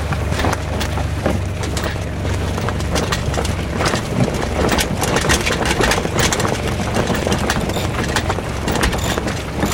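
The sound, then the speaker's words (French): A boat engine idles with its revs being lowered as the mainsail is raised near Cap Nègre in light wind, a steady low rumble with a faint knocking rhythm running through it, continuous and fairly loud, with no voices. “Grand voile d'abord et puis on peut commencer à baisser déjà le régime.”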